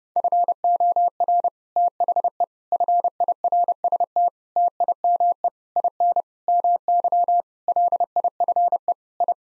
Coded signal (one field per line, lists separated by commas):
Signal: Morse code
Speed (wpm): 32 wpm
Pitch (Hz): 700 Hz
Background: none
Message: FOR THE FIRST TIME IN MY LIFE I